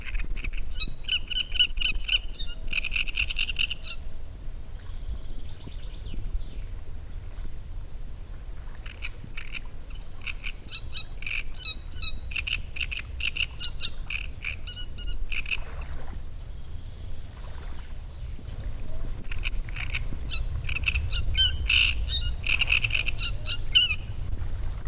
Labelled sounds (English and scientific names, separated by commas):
Great Reed Warbler (Acrocephalus arundinaceus)